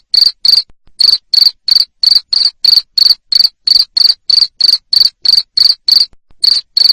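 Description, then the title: Cricket producing a fast train of bright, high-pitched chirp pulses, roughly three per second, with two short breaks in the rhythm. Loud cricket chirping played to stimulate lovebirds to keep singing their ngekek trill. "Suara JANGKRIK NGERIK Keras Bikin LOVEBIRD Jadi NGEKEK Terus Vubey"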